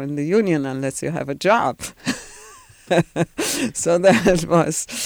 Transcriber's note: she laughs